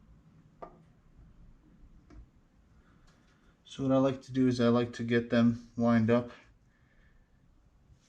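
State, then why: Not seated. Fuel injectors are handled and lined up with the ports of an LS6 intake manifold on a supercharged C5 Corvette, with light handling ticks at about 0.6 s and 2.1 s before someone talks. None of the injectors has been pushed home or seated yet, so there is no seating click.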